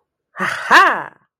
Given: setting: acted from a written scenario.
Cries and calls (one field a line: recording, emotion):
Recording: vocal sound without words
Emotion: realization